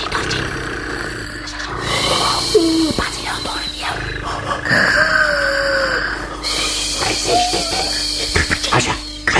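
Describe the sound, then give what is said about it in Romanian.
In a radio play, a voice imitates a cat purring: a continuous rough, rumbling drone with raspy, growly breaths and occasional vocal tones rising through it, steady and fairly loud for several seconds. “Stai să-i mai torc puțin.”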